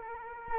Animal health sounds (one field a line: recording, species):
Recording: mosquito wingbeat signal from an infrared sensor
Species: Culex quinquefasciatus